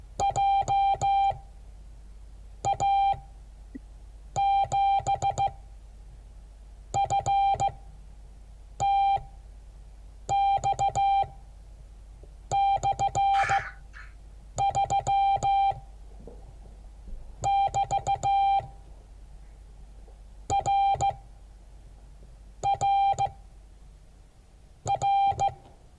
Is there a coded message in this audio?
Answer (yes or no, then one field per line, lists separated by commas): yes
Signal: Morse code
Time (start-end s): 0.2-25.5 s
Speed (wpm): 15 wpm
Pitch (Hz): 790 Hz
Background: none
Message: JA7FTX/3<BT>RRR